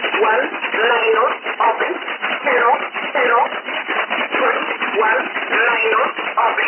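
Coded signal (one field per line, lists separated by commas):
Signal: numbers station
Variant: E11 Oblique, English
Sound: a voice over shortwave reading short, fairly evenly spaced words through a narrow, hissy channel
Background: radio static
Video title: 16 09 2017 Numbers station E11 Oblique in English to Eu 0806 on 9200 unknown tx site in USB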